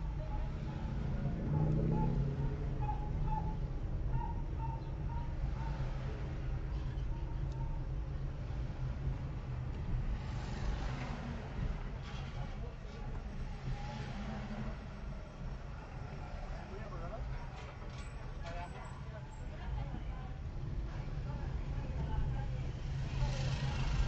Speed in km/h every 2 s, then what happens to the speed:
11, 11, 12, 12, 11, 10, 8, 6, 8, 8, 11, 15.
0-7 steady at about 11. 7-15 slows to 6. 15-24 speeds up to 15.